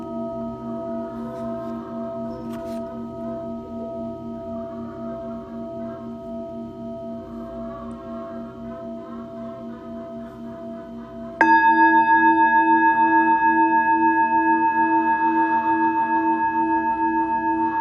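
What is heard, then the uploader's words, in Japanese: Singing bowls ring in a long, steady sustained tone with a slow pulsing wobble, low and mellow with a few bright overtones. Faint voices murmur underneath. Near the eleven-second mark a new bowl is struck, and the sound becomes louder and brighter, ringing on evenly to the end. メキシコから シンギングボウルのサウンドヒーリング ライブ。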